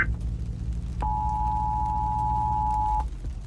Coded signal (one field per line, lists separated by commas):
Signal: Emergency Alert System (SAME) tones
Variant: 853 and 960 Hz attention tone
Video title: Emergency Alert System